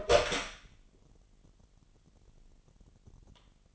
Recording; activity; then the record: daily activity, microphone in the room; open door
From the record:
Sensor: 4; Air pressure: 999.2 hPa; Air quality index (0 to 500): 115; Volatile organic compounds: 2 ppm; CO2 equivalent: 1130 ppm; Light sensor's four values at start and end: 13/31/12/13 and 13/33/13/14